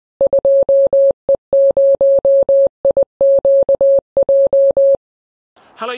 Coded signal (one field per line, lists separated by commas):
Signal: Morse code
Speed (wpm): 20 wpm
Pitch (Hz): 550 Hz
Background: none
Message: 2E0IQJ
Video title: Moonraker MRW HF 100+x5105 mod